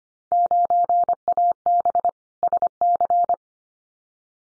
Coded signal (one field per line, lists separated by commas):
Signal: Morse code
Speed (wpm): 25 wpm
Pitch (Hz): 700 Hz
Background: none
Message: 9AB SC